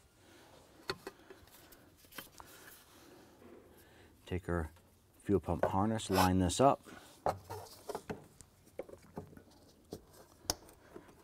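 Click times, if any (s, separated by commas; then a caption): 10.5 s. A fuel pump wiring harness plug on a 2001–2005 Honda Civic is lined up and pressed into the pump's electrical socket while someone talks, with light handling taps scattered throughout. A sharp click at 10.5 s marks the connector seating in place.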